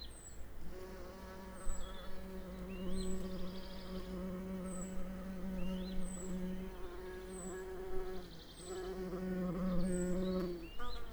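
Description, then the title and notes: Bumblebee flight buzz, a long low drone with overtones that wavers and briefly dips, accompanied by repeated thin high bird whistles throughout. Bumblebee passing by during a well-advanced morning chorus, 1 June 2020, Piste aux espagnols; recorded with Nagra LB and omni MKH 8020. "Piste aux espagnols. le passage d&#39;un bourdon"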